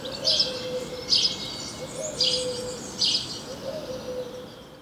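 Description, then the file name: House sparrow chirping, four short bright chirps about a second apart, with a faint hum underneath. "Passer domesticus"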